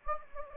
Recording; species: mosquito wingbeat signal from an infrared sensor; Anopheles gambiae